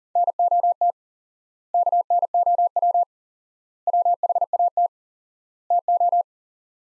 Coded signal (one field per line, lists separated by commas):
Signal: Morse code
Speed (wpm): 40 wpm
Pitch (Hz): 700 Hz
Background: none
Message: NOT KNOW WHAT TO